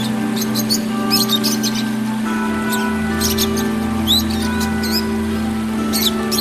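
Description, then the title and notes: Oriental magpie-robin song: bursts of high chattering notes and a short whistled sweep, repeated in quick phrases over a steady low hum. Song (kicau). "Kicau Kacer. kiccau"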